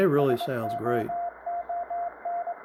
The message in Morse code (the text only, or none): SOON